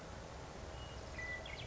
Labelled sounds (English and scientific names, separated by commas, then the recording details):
Western Meadowlark (Sturnella neglecta)
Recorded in Sonoma County, California